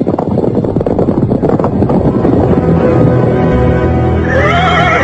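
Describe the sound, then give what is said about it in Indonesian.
Rapid, rhythmic hoofbeats pound steadily for a few seconds as riders on horseback leave the Majapahit palace heading south, then a horse lets out a high, wavering whinny at the end, all over a constant rushing, wind-like noise. “Mereka berkuda meninggalkan Istana Majapahit menuju ke arah selatan.”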